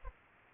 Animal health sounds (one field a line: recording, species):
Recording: mosquito wingbeat signal from an infrared sensor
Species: Aedes aegypti